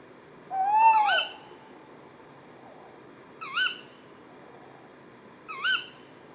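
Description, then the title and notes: Tawny owls: a smooth hoot note overlapping a sharp ke-wick, followed by two more upswept ke-wick calls about two seconds apart. Pair calling at 4:30 am on 20 February 2020 at Etang de Beaumont, Drôme; recorded with a Nagra Seven and Telinga Pro7 stereo parabola. "20 février 2020-4h30-Etang de Beaumont - Drôme. un couple de Chouette hulotte (Strix aluco)"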